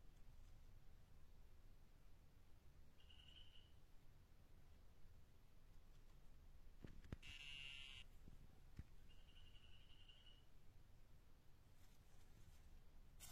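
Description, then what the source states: Dyeing poison dart frog: three sustained high buzzing trills spaced a few seconds apart, one masked by a sharp noisy burst, over low background hum. Dendrobates tinctorius calling, recorded at Tumucumaque.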